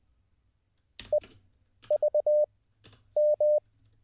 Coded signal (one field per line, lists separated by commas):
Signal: Morse code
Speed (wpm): 20 wpm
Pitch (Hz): 600 Hz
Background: none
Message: EVM